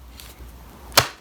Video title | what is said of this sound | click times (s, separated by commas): Sock Slider NO BENDING Easy On/ Off Sock Assistant Aid. For Pregnant, Injury Immobility | lock it in place that really snaps in place I don't think it's going to be easy to uh get this apart | 1.0 s